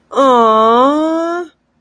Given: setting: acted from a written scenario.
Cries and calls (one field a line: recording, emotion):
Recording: vocal sound without words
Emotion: positive surprise